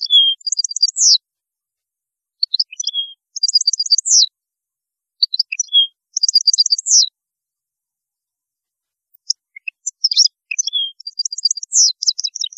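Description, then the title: European goldfinch song in repeated bursts of high tinkling twitters and quick trills, with silent gaps between them. "Chant Chardonneret"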